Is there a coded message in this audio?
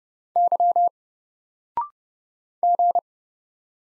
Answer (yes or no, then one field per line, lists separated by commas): yes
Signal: Morse code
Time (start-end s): 0.4-3.0 s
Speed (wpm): 30 wpm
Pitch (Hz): 700 Hz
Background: none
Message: Y G